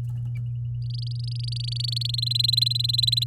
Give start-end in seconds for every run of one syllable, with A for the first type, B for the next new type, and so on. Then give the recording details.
0.82-2.20 A, 2.22-3.24 B. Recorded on 8 May 2018 at 07:10. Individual llb16